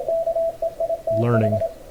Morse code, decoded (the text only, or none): KEITH